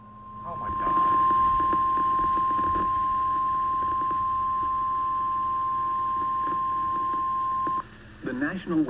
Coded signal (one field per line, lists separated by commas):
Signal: Emergency Alert System (SAME) tones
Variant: 1050 Hz attention tone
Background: speech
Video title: EAS Alerts from April 29 to May 3, 2025 [EAS #1,946-1,968]